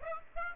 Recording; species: mosquito wingbeat signal from an infrared sensor; Aedes aegypti